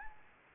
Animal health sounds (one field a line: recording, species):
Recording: mosquito wingbeat signal from an infrared sensor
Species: Anopheles gambiae